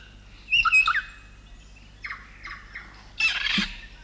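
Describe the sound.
South Island kaka uttering a short harsh squawk, a few soft whistled notes, then another harsh, grating screech at the end.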